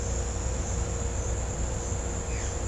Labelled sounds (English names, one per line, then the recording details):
none
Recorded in pastures near Puerto Asís, Putumayo, Colombia, on 16 December 2024 at 09:00
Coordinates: 0.502, -76.324
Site G077